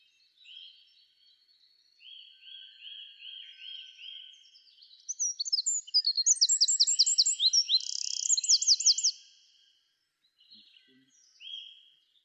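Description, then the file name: Eurasian wren song: a run of short, high, evenly repeated notes, then a fast, loud, ringing trill of rapid notes that stops abruptly, with brief quieter phrases after a pause. "Troglodytes troglodytes"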